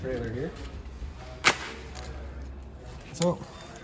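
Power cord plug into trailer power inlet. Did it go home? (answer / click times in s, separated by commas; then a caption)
no / none. Someone talks while handling the notched 30 amp shore power cord plug at the power inlet of a 2021 Surveyor 203 RKLE trailer, with a sharp handling knock near 1.5 s. The plug is only being handled, lined up by its notch before being pushed in and given a 1/8 twist-lock turn, and nothing has seated or clicked yet.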